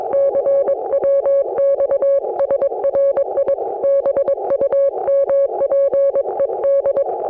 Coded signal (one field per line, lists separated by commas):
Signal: Morse code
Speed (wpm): 22 wpm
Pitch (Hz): 560 Hz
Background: none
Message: CWX SRI BUMPED